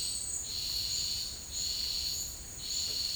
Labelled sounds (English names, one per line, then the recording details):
none
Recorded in dense forest near Puerto Asís, Putumayo, Colombia, on 21 March 2025 at 12:00
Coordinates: 0.485, -76.318
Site G056